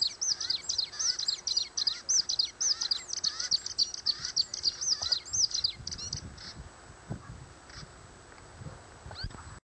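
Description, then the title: Long-tailed reed finch singing a fast series of high, thin, sweeping notes. The song rushes for about six seconds, then thins out into a few scattered notes over faint background noise. "LuckyPassaro Completos2Sama. Long-tailed Reed Finch (Donacospiza albifrons)"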